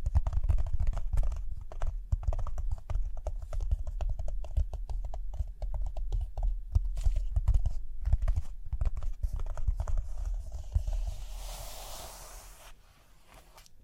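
Rhinestones being tapped in quick, dense clicks for about ten seconds, a busy irregular rattle of small hard hits like typing, with a low thumping underneath. Near the end the tapping thins out and a soft hiss of brushing takes over before fading.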